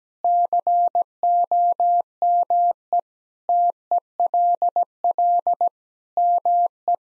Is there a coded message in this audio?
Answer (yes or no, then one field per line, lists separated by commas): yes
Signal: Morse code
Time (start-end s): 0.2-6.9 s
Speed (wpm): 17 wpm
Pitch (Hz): 700 Hz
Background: none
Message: COME TELL ME